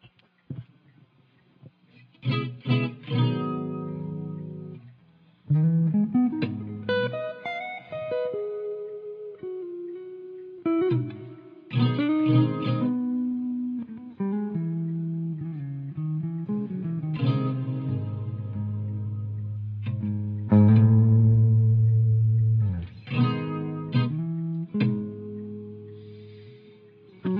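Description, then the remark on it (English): Notes drenched in reverb: sharp attacks bloom into long, washy tails that blur together, while pitched tones shift and slide beneath them over nearly half a minute, with no voices. “Reverb.”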